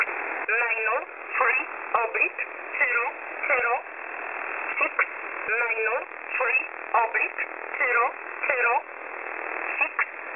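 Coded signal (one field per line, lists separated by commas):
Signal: numbers station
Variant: E11 Oblique, English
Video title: E11 Oblique 20/12/2023 1045 UTC 11100kHz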